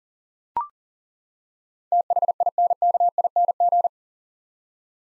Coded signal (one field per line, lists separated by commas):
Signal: Morse code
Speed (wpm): 40 wpm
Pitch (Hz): 700 Hz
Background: none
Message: THINKING